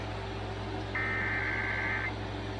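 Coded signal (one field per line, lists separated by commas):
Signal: Emergency Alert System (SAME) tones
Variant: header bursts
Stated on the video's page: Severe Thunderstorm Warning from National Weather Service, relayed on broadcast station WJMJ, recorded on computer.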